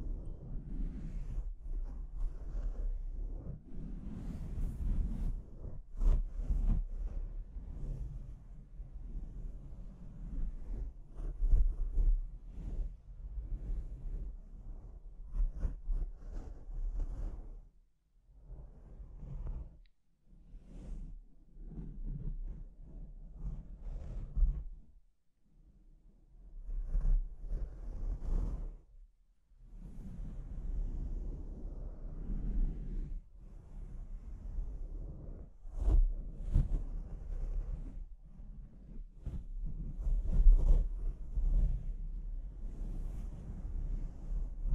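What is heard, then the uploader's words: Rough microphone scratching and rubbing, a dense low rumble broken by sharp crackling scrapes that flare irregularly throughout. The noise drops out briefly around 18, 20, 25 and 29 seconds before the scraping resumes, with harsher bursts near 36 and 40 seconds. ASMR Brain Melting Mic Scratching (No Talking).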